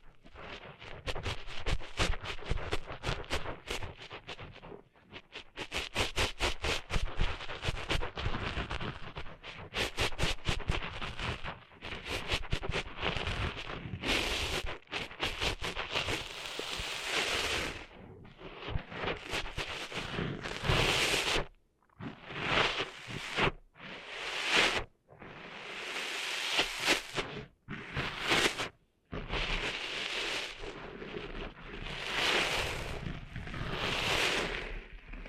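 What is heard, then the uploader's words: Cleaning sand out of the ears: a dense, gritty rustling and scraping that runs almost without pause, made of rapid crackly strokes. The first twenty seconds are busy and steady; after that the scraping comes in bursts separated by brief silences near 22, 25 and 29 seconds. ASMR Cleaning Sand Out of Your Ears (No Talking).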